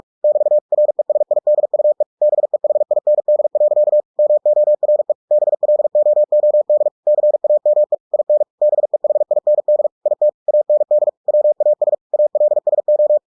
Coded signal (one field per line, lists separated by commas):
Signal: Morse code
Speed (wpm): 46 wpm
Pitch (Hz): 600 Hz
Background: none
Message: <BT> RESIDUE BEHIND. MORE BLOOD CAME IN BEHIND IT AND WAS ALSO